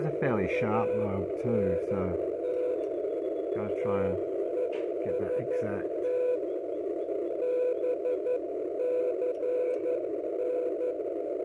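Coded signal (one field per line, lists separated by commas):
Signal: Morse code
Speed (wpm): 11 wpm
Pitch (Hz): 500 Hz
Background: speech, radio noise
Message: ANT TEST BCN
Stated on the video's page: 40 metre signal used to test the far-field pattern of an experimental small E-field beam antenna.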